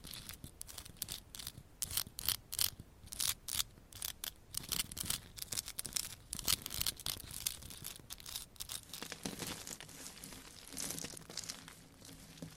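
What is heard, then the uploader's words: Quick bursts of scratching and crinkling rub and crackle in irregular clusters, some sharp and bright, others softer. Around nine seconds the texture changes to a duller, steadier rubbing with a low hum underneath, the bursts fewer and quieter. Changing Triggers Every Few Seconds Scratching , Tapping , Massage & More.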